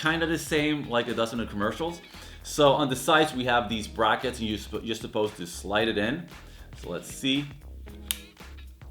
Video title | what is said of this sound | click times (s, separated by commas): Nintendo Switch - Review and Unboxing 2017 | Ah, that's a good sound. | 8.1 s